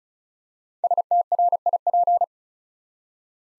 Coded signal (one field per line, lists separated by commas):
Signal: Morse code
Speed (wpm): 34 wpm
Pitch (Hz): 700 Hz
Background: none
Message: STRIP